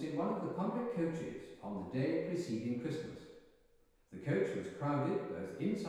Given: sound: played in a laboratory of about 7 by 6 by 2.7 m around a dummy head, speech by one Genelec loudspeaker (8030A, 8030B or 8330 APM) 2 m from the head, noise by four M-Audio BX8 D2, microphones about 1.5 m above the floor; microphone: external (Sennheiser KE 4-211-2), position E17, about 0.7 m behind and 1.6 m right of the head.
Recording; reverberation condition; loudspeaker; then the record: male speech in English; high; in front (0 degrees)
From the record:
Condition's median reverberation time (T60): about 1300 ms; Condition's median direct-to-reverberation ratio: about -4.0 dB